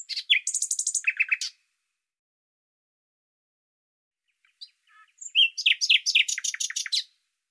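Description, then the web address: Bird song: a quick trilled phrase of high, dense chirps, then a pause of about three seconds, then a few thin notes leading into another rapid, buzzy chirping run. "Deverinetal 2025"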